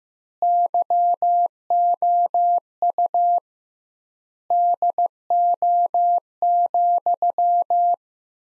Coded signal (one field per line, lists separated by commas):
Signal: Morse code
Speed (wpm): 16 wpm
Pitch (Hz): 700 Hz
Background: none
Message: YOU DO,